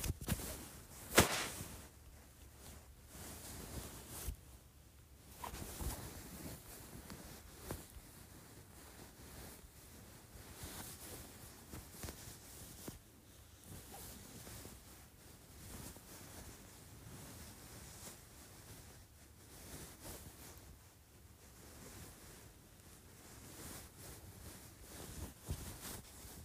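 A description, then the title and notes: A blanket is rubbed and kneaded, giving a dense, soft rustling that swells and fades in irregular strokes. A sharp snap near the first second stands out, and a low rumble of handling runs underneath throughout. ASMR Blanket Massaging.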